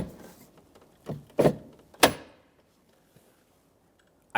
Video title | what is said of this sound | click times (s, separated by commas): How to Replace Front Door Lock Actuators 2013-2020 Ford Fusion | I heard an audible click from each side | 2.0 s, 4.4 s